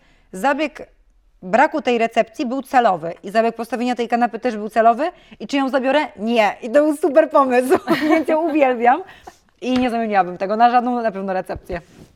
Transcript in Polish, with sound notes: Więc zabieg braku tej recepcji był celowy i zabieg postawienia tej kanapy też był celowy. I czy ją zabiorę? Nie, i to był super pomysł! (śmiech) Ja ją uwielbiam i nie zamieniłabym tego na żadną na pewno recepcję.